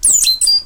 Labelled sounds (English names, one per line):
Stitchbird song